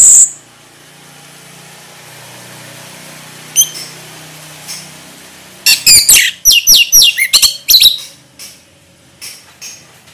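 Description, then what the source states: Orange-headed thrush singing a fast burst of high, sharp chirping notes after a quiet stretch, then a few scattered softer calls. Orange-headed thrush, locally called anis merah, singing in the gacor ngeplong style.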